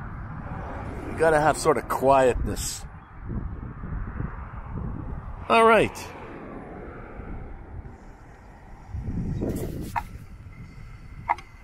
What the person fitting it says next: now you can hear that clicking noise that means it's all the way to the top